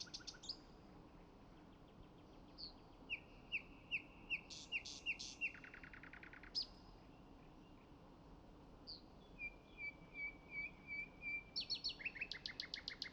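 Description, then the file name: Common nightingale song: a series of repeated chirping notes and a buzzy rattle, then a long level run of soft piping notes, ending in loud rapid pulses. "Luscinia megarhynchos"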